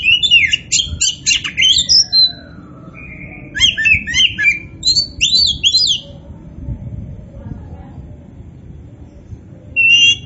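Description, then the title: Oriental magpie-robin song: varied bursts of sweet whistles and sharp chirps, rising and falling notes in quick phrases, then a pause and a brief final whistle. Oriental magpie-robin of the poci variety, described as gacor, singing vigorously. "Kacer Poci"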